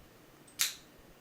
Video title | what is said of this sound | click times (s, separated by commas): CRKT Folts Minimalist Review/test | The retention and the lockup is great. You hear that snap? | 0.6 s